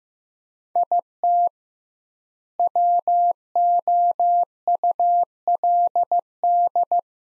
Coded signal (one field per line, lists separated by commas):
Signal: Morse code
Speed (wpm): 15 wpm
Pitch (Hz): 700 Hz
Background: none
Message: IT WOULD